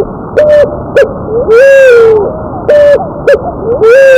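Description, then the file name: Picazuro pigeon cooing: low hollow coos, short notes followed by a longer drawn-out coo that falls slightly in pitch, repeated in a loose phrase; harsh, distorted bursts over the top. "Columba picazuro - Paloma picazuro"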